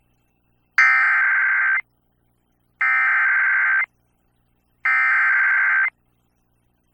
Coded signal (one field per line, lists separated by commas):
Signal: Emergency Alert System (SAME) tones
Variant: header bursts